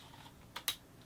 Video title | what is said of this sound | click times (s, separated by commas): Hey, Some Other Dork Unboxing a Nintendo Switch | little clicky noises I like clicky noises | 0.6 s, 0.7 s